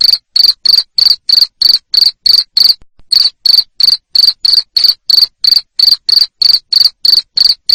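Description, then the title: Cricket producing loud, high, pulsing chirps in a steady rhythm, with one short pause midway. Loud cricket chirping used to make lovebirds keep singing (ngekek). "Suara JANGKRIK NGERIK Keras Bikin LOVEBIRD Jadi NGEKEK Terus Vubey"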